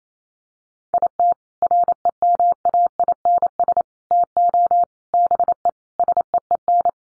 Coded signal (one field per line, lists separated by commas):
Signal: Morse code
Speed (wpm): 28 wpm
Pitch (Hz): 700 Hz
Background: none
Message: IT REMAINS TO BE SEEN